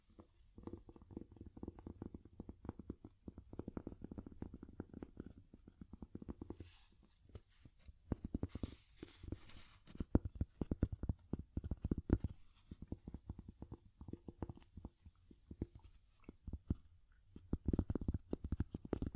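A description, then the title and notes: Rapid, irregular wooden taps cluster dull in the low range, pausing briefly near seven seconds before a few brighter, sharper strikes. ASMR Calming Wood Tapping (No Talking).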